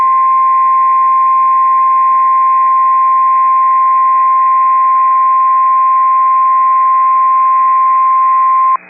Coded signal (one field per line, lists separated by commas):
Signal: Emergency Alert System (SAME) tones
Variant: 1050 Hz attention tone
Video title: Tornado Warning (9/14/25) [EAS #313]